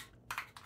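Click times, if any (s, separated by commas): 0.3 s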